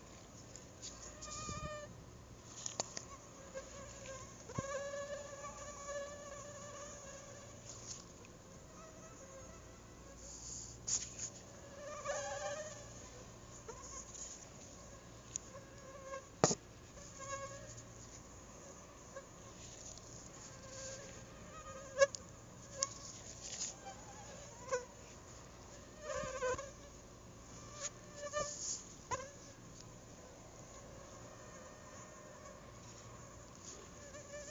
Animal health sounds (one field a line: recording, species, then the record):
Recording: mosquito flight sound by mobile phone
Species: Anopheles gambiae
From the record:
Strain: RSP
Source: CDC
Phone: Google Nexus